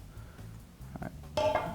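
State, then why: Not seated. A metal top cap is pressed onto the deck of a District F5VE Cosmonaut (csmnt) 24mm postless rebuildable dripping atomizer, with small metallic taps around 1.0 s and a louder metallic scrape at 1.4 s. The cap is upside down, so nothing has clicked into place.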